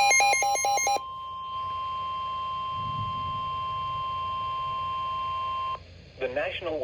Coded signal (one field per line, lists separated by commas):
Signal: Emergency Alert System (SAME) tones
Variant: 1050 Hz attention tone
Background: speech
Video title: NOAA Weather Radio - Severe Thunderstorm Warning [EAS #262] (7/25/22)